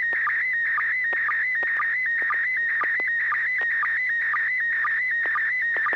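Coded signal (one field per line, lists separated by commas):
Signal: SSTV (slow-scan television)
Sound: warbling tone around 2 kHz interrupted by quick regular lower blips, like a slow chirping scan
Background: low hum, radio hiss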